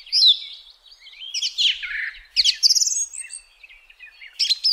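Song thrush song of scratchy phrases with whistled slurs and a quick high rattle.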